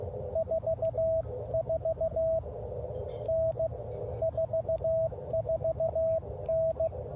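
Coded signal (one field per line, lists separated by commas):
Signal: Morse code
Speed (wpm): 16 wpm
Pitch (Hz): 660 Hz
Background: radio noise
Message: 44N 44N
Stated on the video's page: Park activation.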